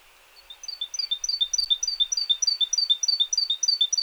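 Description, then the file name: Great tit rapid high-pitched three-note phrases starting after half a second and repeating evenly to the end, with faint background noise. "Parus major"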